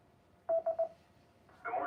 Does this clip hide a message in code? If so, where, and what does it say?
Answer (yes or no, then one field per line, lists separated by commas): no